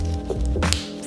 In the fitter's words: Y'all heard that snap?